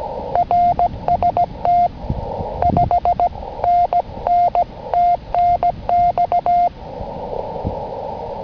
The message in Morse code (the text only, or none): RST 5NN TNX